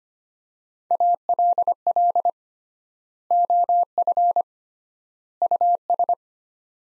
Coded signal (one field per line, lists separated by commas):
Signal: Morse code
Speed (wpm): 25 wpm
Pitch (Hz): 700 Hz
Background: none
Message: ALL OF US